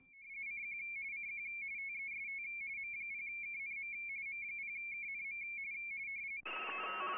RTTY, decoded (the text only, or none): CQ CQ TEST M0KNM M0KNM